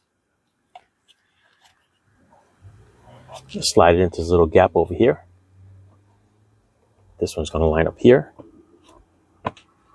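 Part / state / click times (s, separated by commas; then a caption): plastic interior trim panel into the car's dashboard/glovebox area / seated / 9.5 s. During a cabin air filter change on a 2020 Hyundai Kona SE, a small plastic interior trim panel near the glovebox is slid into a gap in the dashboard, lined up, and pressed in while someone talks. It seats with a quiet, faint snap at 9.5 s.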